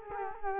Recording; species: mosquito wingbeat signal from an infrared sensor; Culex quinquefasciatus